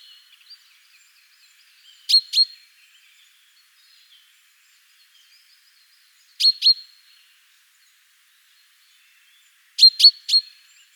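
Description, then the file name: Common chaffinch calling with short, sharp high notes in pairs and a triplet, spaced several seconds apart, with faint chatter between. "Fringilla coelebs"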